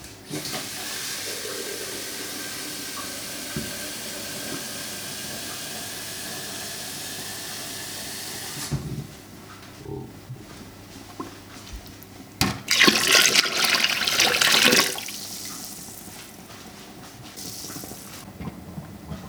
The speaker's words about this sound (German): Und wir hören tatsächlich schon Kochgeräusche aus dem Ofen. Aus dem Einkochautomat.